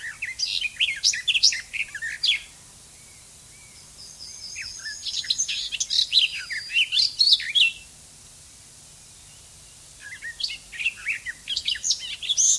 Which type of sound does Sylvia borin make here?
song